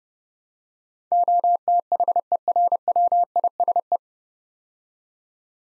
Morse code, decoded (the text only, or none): OTHERWISE